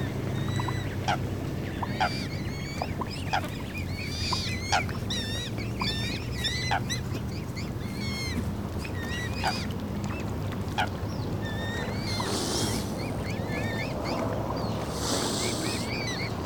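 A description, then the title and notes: Young swans and ducks call continually in thin, wavering peeps and squeaks, some quick and rising, others drawn out, scattered across the whole stretch. A steady low engine-like rumble runs underneath throughout, and brief splashy hisses rise around twelve and fifteen seconds. Young Swans and Ducks.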